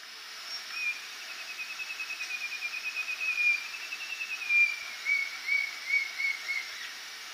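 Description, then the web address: Brown-billed scythebill song: a long, even run of high whistled notes, gently rising then slowly falling in pitch, lasting about six seconds. Recorded in Ecuador. "Birds of Ecuador Brown-billed Scythebill"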